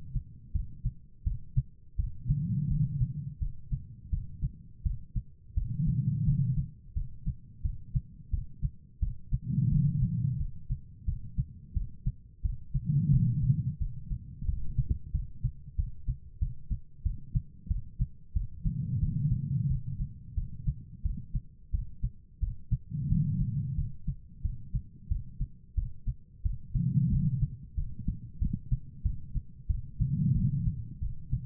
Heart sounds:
heart sounds by stethoscope; 89 bpm
0.53 s: heartbeat
1.24 s: heartbeat
1.96 s: heartbeat
2.68 s: heartbeat
3.39 s: heartbeat
4.10 s: heartbeat
4.83 s: heartbeat
5.55 s: heartbeat
6.25 s: heartbeat
6.94 s: heartbeat
7.62 s: heartbeat
8.31 s: heartbeat
9.00 s: heartbeat
9.70 s: heartbeat
10.38 s: heartbeat
11.05 s: heartbeat
11.74 s: heartbeat
12.42 s: heartbeat
13.11 s: heartbeat
13.79 s: heartbeat
14.46 s: heartbeat
15.12 s: heartbeat
15.76 s: heartbeat
16.39 s: heartbeat
17.03 s: heartbeat
17.68 s: heartbeat
18.34 s: heartbeat
19.00 s: heartbeat
19.68 s: heartbeat
20.35 s: heartbeat
21.03 s: heartbeat
21.71 s: heartbeat
22.40 s: heartbeat
23.09 s: heartbeat
23.76 s: heartbeat
24.42 s: heartbeat
25.08 s: heartbeat
25.75 s: heartbeat
26.43 s: heartbeat
27.10 s: heartbeat
27.75 s: heartbeat
28.39 s: heartbeat
29.03 s: heartbeat
29.68 s: heartbeat
30.34 s: heartbeat
31.00 s: heartbeat
From the record:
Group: healthy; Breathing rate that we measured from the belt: 17 breaths a minute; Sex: female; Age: 51 years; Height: 162 cm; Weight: 70.04 kg

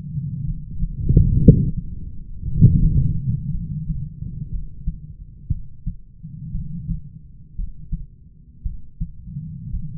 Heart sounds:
heart sounds by stethoscope; 58 bpm
0.45 s: heartbeat
1.39 s: heartbeat
2.45 s: heartbeat
3.51 s: heartbeat
4.50 s: heartbeat
5.48 s: heartbeat
6.51 s: heartbeat
7.55 s: heartbeat
8.63 s: heartbeat
9.70 s: heartbeat
From the record:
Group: healthy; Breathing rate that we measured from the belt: 19 breaths a minute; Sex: female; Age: 37 years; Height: 168 cm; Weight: 70 kg

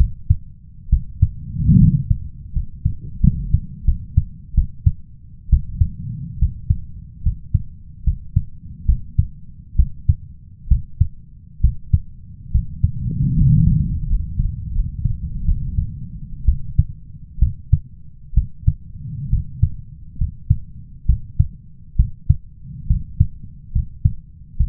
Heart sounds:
heart sounds by stethoscope; 71 bpm
0.89 s: heartbeat
1.78 s: heartbeat
2.53 s: heartbeat
3.21 s: heartbeat
3.85 s: heartbeat
4.55 s: heartbeat
5.50 s: heartbeat
6.39 s: heartbeat
7.23 s: heartbeat
8.04 s: heartbeat
8.86 s: heartbeat
9.76 s: heartbeat
10.68 s: heartbeat
11.61 s: heartbeat
12.51 s: heartbeat
13.35 s: heartbeat
14.07 s: heartbeat
14.72 s: heartbeat
15.45 s: heartbeat
16.45 s: heartbeat
17.39 s: heartbeat
18.34 s: heartbeat
19.30 s: heartbeat
20.18 s: heartbeat
21.06 s: heartbeat
21.96 s: heartbeat
22.87 s: heartbeat
23.72 s: heartbeat
24.57 s: heartbeat
From the record:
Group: healthy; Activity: rest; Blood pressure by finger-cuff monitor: 115/71 mmHg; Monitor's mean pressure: 83 mmHg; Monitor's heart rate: 67 bpm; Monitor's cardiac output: 5.7 L/min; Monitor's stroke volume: 82 mL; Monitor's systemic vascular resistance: 1010 dyn s/cm5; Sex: male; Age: 21 years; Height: 170 cm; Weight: 71 kg

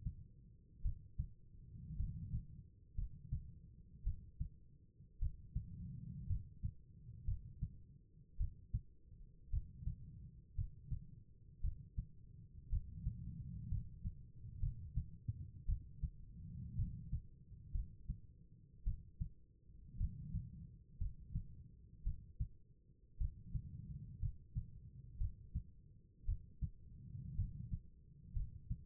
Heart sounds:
heart sounds by stethoscope; 57 bpm
0.82 s: heartbeat
1.96 s: heartbeat
2.95 s: heartbeat
4.03 s: heartbeat
5.19 s: heartbeat
6.27 s: heartbeat
7.25 s: heartbeat
8.37 s: heartbeat
9.50 s: heartbeat
10.55 s: heartbeat
11.61 s: heartbeat
12.69 s: heartbeat
13.68 s: heartbeat
14.60 s: heartbeat
15.66 s: heartbeat
16.76 s: heartbeat
17.72 s: heartbeat
18.84 s: heartbeat
19.97 s: heartbeat
20.98 s: heartbeat
22.03 s: heartbeat
23.18 s: heartbeat
24.19 s: heartbeat
25.18 s: heartbeat
26.25 s: heartbeat
27.35 s: heartbeat
28.33 s: heartbeat
From the record:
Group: healthy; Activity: rest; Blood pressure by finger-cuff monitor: 95/60 mmHg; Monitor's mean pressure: 71 mmHg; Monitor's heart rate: 56 bpm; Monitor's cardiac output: 4.5 L/min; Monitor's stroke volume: 80 mL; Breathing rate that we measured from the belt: 17 breaths a minute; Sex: female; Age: 36 years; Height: 163 cm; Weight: 88 kg

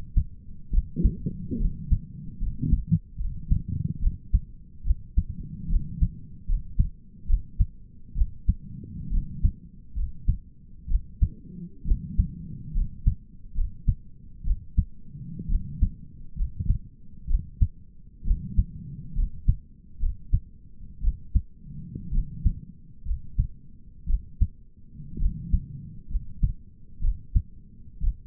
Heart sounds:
heart sounds by stethoscope; 66 bpm
0.73 s: heartbeat
1.61 s: heartbeat
2.42 s: heartbeat
3.20 s: heartbeat
4.02 s: heartbeat
4.86 s: heartbeat
5.71 s: heartbeat
6.49 s: heartbeat
7.29 s: heartbeat
8.17 s: heartbeat
9.12 s: heartbeat
9.97 s: heartbeat
10.90 s: heartbeat
11.86 s: heartbeat
12.75 s: heartbeat
13.56 s: heartbeat
14.46 s: heartbeat
15.50 s: heartbeat
16.38 s: heartbeat
17.29 s: heartbeat
18.26 s: heartbeat
19.16 s: heartbeat
20.01 s: heartbeat
21.02 s: heartbeat
22.13 s: heartbeat
23.07 s: heartbeat
24.08 s: heartbeat
25.20 s: heartbeat
26.11 s: heartbeat
27.03 s: heartbeat
28.02 s: heartbeat
From the record:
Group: healthy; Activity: rest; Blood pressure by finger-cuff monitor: 114/64 mmHg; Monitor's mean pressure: 82 mmHg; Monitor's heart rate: 67 bpm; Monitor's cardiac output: 6.5 L/min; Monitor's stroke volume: 98 mL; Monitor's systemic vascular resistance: 930 dyn s/cm5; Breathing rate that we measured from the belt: 18 breaths a minute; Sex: male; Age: 22 years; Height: 181 cm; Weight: 79 kg

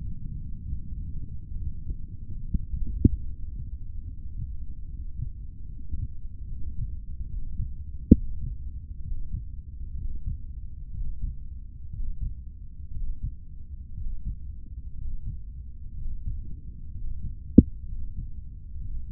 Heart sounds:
heart sounds by stethoscope; 66 bpm
0.65 s: heartbeat
1.54 s: heartbeat
2.40 s: heartbeat
3.23 s: heartbeat
4.05 s: heartbeat
4.85 s: heartbeat
5.66 s: heartbeat
6.46 s: heartbeat
7.27 s: heartbeat
8.12 s: heartbeat
9.02 s: heartbeat
9.95 s: heartbeat
10.92 s: heartbeat
11.91 s: heartbeat
12.92 s: heartbeat
13.95 s: heartbeat
14.95 s: heartbeat
15.95 s: heartbeat
16.92 s: heartbeat
17.86 s: heartbeat
18.79 s: heartbeat
From the record:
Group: healthy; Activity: Valsalva maneuver 0-15 s, rest 15-19 s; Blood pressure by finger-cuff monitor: 125/93 mmHg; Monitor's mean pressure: 100 mmHg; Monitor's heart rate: 70 bpm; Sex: male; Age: 30 years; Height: 188 cm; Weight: 110.2 kg

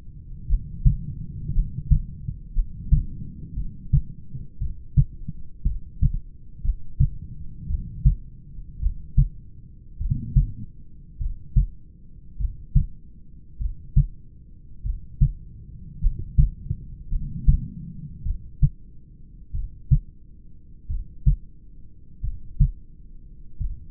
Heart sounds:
heart sounds by stethoscope; 52 bpm
0.52 s: heartbeat
1.57 s: heartbeat
2.58 s: heartbeat
3.59 s: heartbeat
4.63 s: heartbeat
5.69 s: heartbeat
6.67 s: heartbeat
7.72 s: heartbeat
8.84 s: heartbeat
10.03 s: heartbeat
11.23 s: heartbeat
12.42 s: heartbeat
13.63 s: heartbeat
14.87 s: heartbeat
16.04 s: heartbeat
17.14 s: heartbeat
18.28 s: heartbeat
19.57 s: heartbeat
20.92 s: heartbeat
22.26 s: heartbeat
23.63 s: heartbeat
From the record:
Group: heart failure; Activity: rest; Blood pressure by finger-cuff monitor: 112/69 mmHg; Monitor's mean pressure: 80 mmHg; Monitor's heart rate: 55 bpm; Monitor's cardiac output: 5.1 L/min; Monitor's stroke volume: 94 mL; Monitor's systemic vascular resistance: 1110 dyn s/cm5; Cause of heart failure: familial cardiomyopathy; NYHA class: 1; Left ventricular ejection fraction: 49%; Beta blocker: bisoprolol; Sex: male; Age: 31 years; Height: 194 cm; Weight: 96 kg

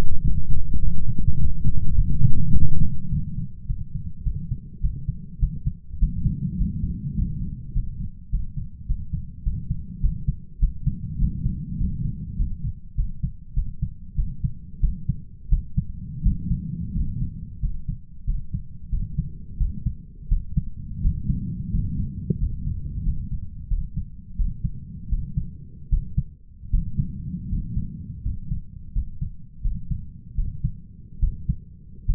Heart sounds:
heart sounds by stethoscope; 92 bpm
0.22 s: heartbeat
0.80 s: heartbeat
1.38 s: heartbeat
1.96 s: heartbeat
2.53 s: heartbeat
3.10 s: heartbeat
3.67 s: heartbeat
4.24 s: heartbeat
4.81 s: heartbeat
5.40 s: heartbeat
5.99 s: heartbeat
6.58 s: heartbeat
7.15 s: heartbeat
7.73 s: heartbeat
8.30 s: heartbeat
8.87 s: heartbeat
9.43 s: heartbeat
10.01 s: heartbeat
10.60 s: heartbeat
11.19 s: heartbeat
11.78 s: heartbeat
12.37 s: heartbeat
12.95 s: heartbeat
13.54 s: heartbeat
14.15 s: heartbeat
14.81 s: heartbeat
15.49 s: heartbeat
16.23 s: heartbeat
16.93 s: heartbeat
17.60 s: heartbeat
18.25 s: heartbeat
18.90 s: heartbeat
19.58 s: heartbeat
20.29 s: heartbeat
21.01 s: heartbeat
21.71 s: heartbeat
22.38 s: heartbeat
23.03 s: heartbeat
23.68 s: heartbeat
24.36 s: heartbeat
25.09 s: heartbeat
25.89 s: heartbeat
26.70 s: heartbeat
27.49 s: heartbeat
28.22 s: heartbeat
28.93 s: heartbeat
29.62 s: heartbeat
30.35 s: heartbeat
31.19 s: heartbeat
32.06 s: heartbeat
From the record:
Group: healthy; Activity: light exercise 0-4 s, rest 4-32 s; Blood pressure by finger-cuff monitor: 119/70 mmHg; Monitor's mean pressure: 81 mmHg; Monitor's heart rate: 94 bpm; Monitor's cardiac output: 8.7 L/min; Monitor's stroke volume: 93 mL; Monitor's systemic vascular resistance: 710 dyn s/cm5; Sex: male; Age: 23 years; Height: 178 cm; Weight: 96.6 kg

